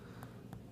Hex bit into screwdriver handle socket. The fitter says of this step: If you push it in, push it in, you can hear an audible click.